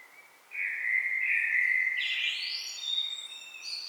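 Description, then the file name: Common blackbird: one mellow whistled phrase rising into a rapid, thin, high-pitched twittering tail. "Turdus merula"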